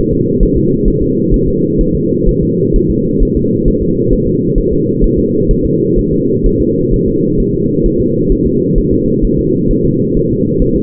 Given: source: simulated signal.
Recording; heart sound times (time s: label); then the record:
fetal heart sounds
0.13 s: S2
0.43 s: S1
0.57 s: S2
0.88 s: S1
1.02 s: S2
1.34 s: S1
1.48 s: S2
1.81 s: S1
1.95 s: S2
2.29 s: S1
2.43 s: S2
2.76 s: S1
2.91 s: S2
3.23 s: S1
3.37 s: S2
3.68 s: S1
3.82 s: S2
4.13 s: S1
4.27 s: S2
4.58 s: S1
4.73 s: S2
5.04 s: S1
5.19 s: S2
5.51 s: S1
5.66 s: S2
5.99 s: S1
6.13 s: S2
6.46 s: S1
6.61 s: S2
6.94 s: S1
7.08 s: S2
7.40 s: S1
7.55 s: S2
7.86 s: S1
8.01 s: S2
8.32 s: S1
8.47 s: S2
8.78 s: S1
8.93 s: S2
9.25 s: S1
9.39 s: S2
9.71 s: S1
9.85 s: S2
10.17 s: S1
10.31 s: S2
10.62 s: S1
10.76 s: S2
From the record:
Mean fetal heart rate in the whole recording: 130 bpm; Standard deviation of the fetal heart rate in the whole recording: 4 bpm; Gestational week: 38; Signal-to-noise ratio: -11.2 dB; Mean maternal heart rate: 72 bpm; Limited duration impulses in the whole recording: present